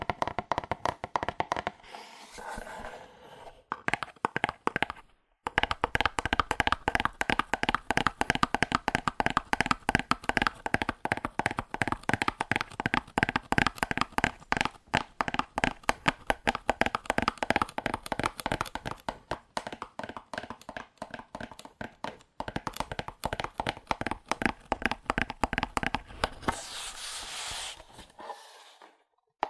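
Fast, aggressive tapping on cardboard, a dense run of sharp knocks that barely pauses from about five seconds to twenty-six. The taps are hollow and papery, mid-pitched with crisp tops. Softer scratchy handling opens the clip, and a brief brushing noise comes near the end.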